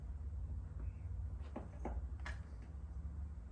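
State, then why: Not seated. A plastic clip on an aggressive rear diffuser trim piece for a 2022 Honda Accord 2.0T is handled against the rear bumper over a steady low rumble, with short sharp handling taps near 1.6, 1.9 and 2.3 seconds. Nothing has seated or clicked into place yet.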